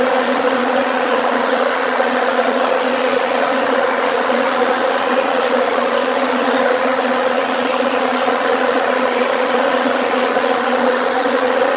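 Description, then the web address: Bees buzzing: a dense, continuous droning hum, unbroken and even in loudness throughout. "anasyn caracalla thesis N 02 bees"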